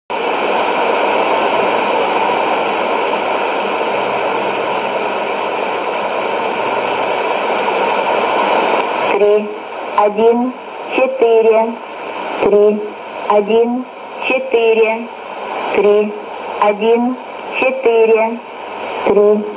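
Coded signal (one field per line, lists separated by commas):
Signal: numbers station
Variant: S06s Russian Lady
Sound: static hiss, then a voice reading about ten short evenly spaced words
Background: radio static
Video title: 11 01 2018 Numbers station S06s Russian Lady in Russian to Eu 0940 on 9540 unknown tx site in CUSB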